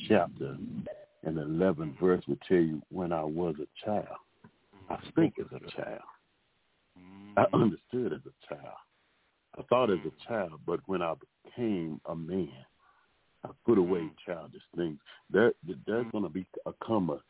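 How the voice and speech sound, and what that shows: A low-pitched adult man quotes scripture in clear, fluent phrases, with natural pauses between clauses. Articulation and voice are ordinary, with no repetitions, blocks or slurring, so no speech disorder is heard. The voice has a narrow, telephone-like quality.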